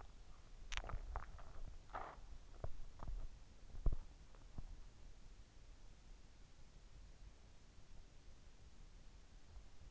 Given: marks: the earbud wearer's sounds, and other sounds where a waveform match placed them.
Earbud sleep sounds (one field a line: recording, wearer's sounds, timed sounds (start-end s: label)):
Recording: sounds in sleep by an in-ear microphone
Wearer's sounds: body movement, teeth grinding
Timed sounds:
0.00-4.58 s: body movement
0.42-0.83 s: teeth grinding